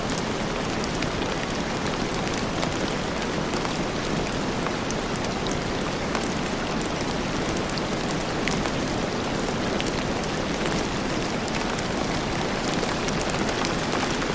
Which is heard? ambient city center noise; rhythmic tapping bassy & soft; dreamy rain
dreamy rain